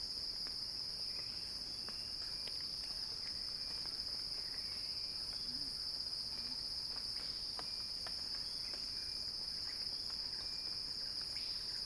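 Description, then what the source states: Cicada song as a level, shrill hum running throughout, with faint ticking and a couple of soft low notes in the background. Recording titled a cicada crescendo.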